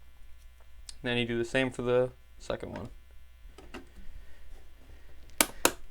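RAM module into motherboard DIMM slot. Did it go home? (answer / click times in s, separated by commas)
yes / 5.4 s, 5.7 s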